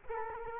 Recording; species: mosquito wingbeat signal from an infrared sensor; Culex quinquefasciatus